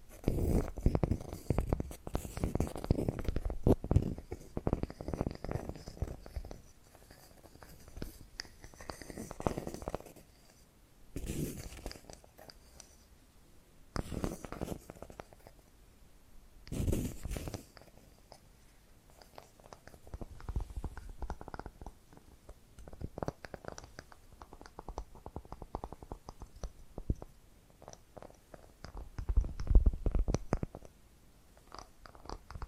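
Tapping and scratching sounds come in dense clusters of quick, rough strokes, heaviest in the first seven seconds and again from about 20 to 31 seconds. Quieter stretches hold softer rubbing, broken by a few sharp bright scrapes around 11, 14 and 17 seconds.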